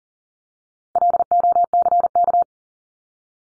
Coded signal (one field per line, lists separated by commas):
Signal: Morse code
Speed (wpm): 40 wpm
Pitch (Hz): 700 Hz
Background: none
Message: LOCK